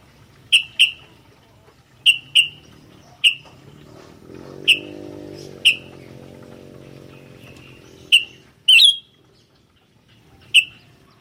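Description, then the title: Sooty-headed bulbul repeating short whistled notes, often paired, with a low droning hum rising in the background midway. "kutilang"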